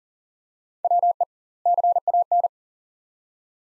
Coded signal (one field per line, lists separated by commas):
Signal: Morse code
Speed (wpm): 40 wpm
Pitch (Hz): 700 Hz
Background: none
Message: WE CAN